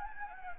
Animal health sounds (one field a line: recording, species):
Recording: mosquito wingbeat signal from an infrared sensor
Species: Anopheles gambiae